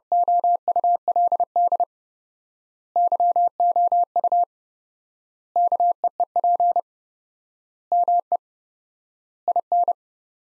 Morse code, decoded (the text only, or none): OULD YOU KEEP ME IN